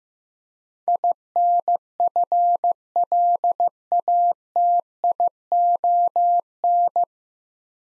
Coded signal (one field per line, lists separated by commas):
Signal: Morse code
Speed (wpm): 15 wpm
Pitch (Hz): 700 Hz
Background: none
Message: INFLATION